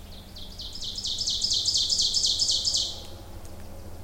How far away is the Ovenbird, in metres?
about 20 m